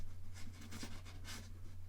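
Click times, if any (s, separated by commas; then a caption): none. A metal bracelet on a Casio AQ-230 watch is handled after its length has been adjusted, with the sliding clasp adjuster being pushed back down toward its closed position in the clasp. Soft, rustling bursts of handling noise, strongest around 0.4, 0.8 and 1.3 seconds, sit over a steady low hum. The adjustment latch has not yet clicked back into place.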